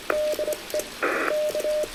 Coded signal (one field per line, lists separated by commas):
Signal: Morse code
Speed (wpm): 22 wpm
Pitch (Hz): 590 Hz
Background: radio noise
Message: DE K